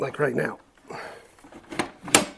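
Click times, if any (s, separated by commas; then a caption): 2.2 s. Someone talks briefly as a metal router motor body is turned in its router base after a failed try, with soft scraping and a knock near 1.8 s. A sharp, loud click at 2.2 s marks the motor seating and locking into the base.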